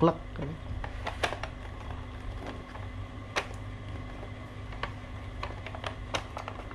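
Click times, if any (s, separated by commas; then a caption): none. Someone talks while refitting a Viper S2 16-mode red-red LED dashboard strobe light into its mounting bracket, with a few sharp handling taps among the low hum. The light is only being handled here and has not clicked or seated in its mount yet.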